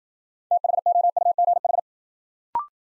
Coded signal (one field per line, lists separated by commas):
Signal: Morse code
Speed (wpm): 53 wpm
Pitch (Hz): 700 Hz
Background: none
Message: THOUGH